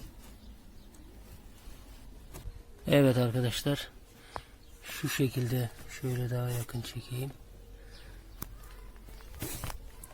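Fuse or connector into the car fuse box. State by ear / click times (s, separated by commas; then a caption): not seated / none. While fitting a fix for a dropping LPG fuel gauge on a Megane 4, a fuse or wire connector is handled and pushed toward the car's fuse box. Someone talks over faint background noise, with a few brief sharp ticks. Nothing has seated or clicked into place yet.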